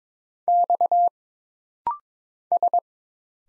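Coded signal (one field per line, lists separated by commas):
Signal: Morse code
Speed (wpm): 22 wpm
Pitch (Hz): 700 Hz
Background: none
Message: X S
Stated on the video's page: Rapid-fire single character Morse drill at 22 wpm: letters, numbers, punctuation and prosigns, each sent, then spoken, then sent again.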